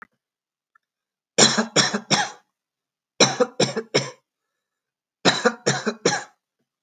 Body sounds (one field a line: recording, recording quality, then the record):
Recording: shallow voluntary cough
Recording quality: excellent, no background noise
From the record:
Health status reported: respiratory illness, not identified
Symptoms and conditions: cold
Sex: male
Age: 18 years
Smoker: not ticked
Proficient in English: yes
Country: India